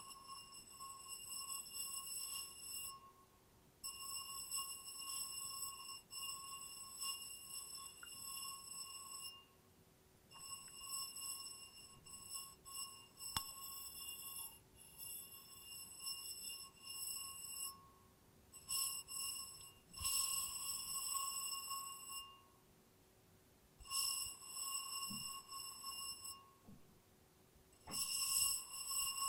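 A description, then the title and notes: Glass rings with steady, bright tones that start and stop in bursts throughout, with short silent gaps near 3, 10, 18 and 23 seconds. A few sharp taps cut in, notably around 13, 20 and 27 seconds, over a faint low hum. ASMR No Talking Glass Tapping and Ringing Sounds.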